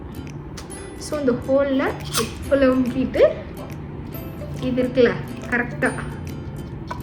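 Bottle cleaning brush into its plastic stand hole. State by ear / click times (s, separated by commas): seated / 6.9 s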